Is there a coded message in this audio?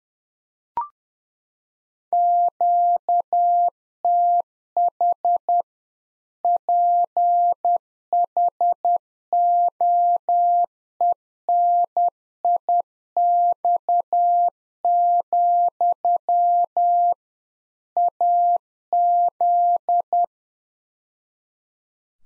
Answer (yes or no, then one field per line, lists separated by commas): yes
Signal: Morse code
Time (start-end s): 2.1-20.2 s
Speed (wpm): 10 wpm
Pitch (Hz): 700 Hz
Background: none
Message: QTH PHOENIX, AZ